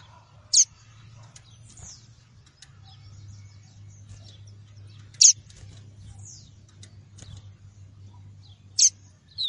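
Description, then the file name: Double-collared seedeater giving a few sharp, high notes spaced seconds apart, with fainter notes between and a low steady hum beneath. "Tui-tui" song variety. "canto do papa capim tui tui"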